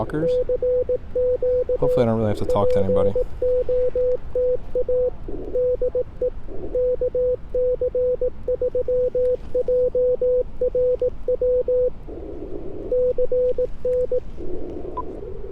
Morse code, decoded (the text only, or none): CQ POTA DE KC3JRW CN